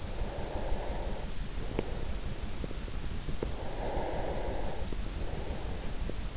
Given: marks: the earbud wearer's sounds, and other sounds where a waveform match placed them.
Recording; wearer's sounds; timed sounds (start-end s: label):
sounds in sleep by an in-ear microphone; breath
0.00-2.50 s: breath
3.42-6.31 s: breath